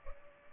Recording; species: mosquito wingbeat signal from an infrared sensor; Culex pipiens